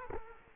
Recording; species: mosquito wingbeat signal from an infrared sensor; Culex quinquefasciatus